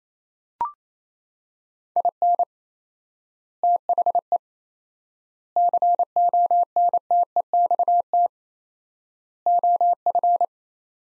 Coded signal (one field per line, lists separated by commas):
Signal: Morse code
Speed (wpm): 27 wpm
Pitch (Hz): 700 Hz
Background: none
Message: IN THE CONTEXT OF